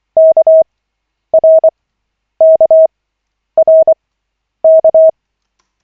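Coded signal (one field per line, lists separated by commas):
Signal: Morse code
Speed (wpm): 24 wpm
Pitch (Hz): 640 Hz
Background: none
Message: KRKRK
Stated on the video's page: Koch-method Morse practice session of five minutes, lesson 5 of 40, generated by the LCWO.net website.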